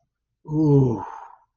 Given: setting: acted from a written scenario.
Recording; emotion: vocal sound without words; ecstasy